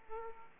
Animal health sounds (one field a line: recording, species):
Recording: mosquito wingbeat signal from an infrared sensor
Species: Aedes aegypti